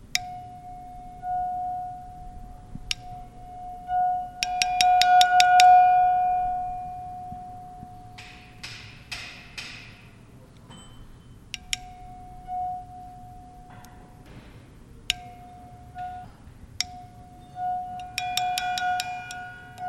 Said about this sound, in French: Donc, là, on se rapproche, donc on va entendre que quand on vient appliquer le diapason sur la cloche commence à résonner.